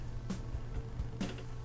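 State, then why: Not seated. A plastic swap hand is pushed onto the wrist peg of a Power Rangers Lightning Collection Wild Force Putrid action figure, with faint rustling and brief scraping bursts around 0.3 s and 1.2 s over a low hum. The hand has not popped into the wrist joint yet. No seating click is heard.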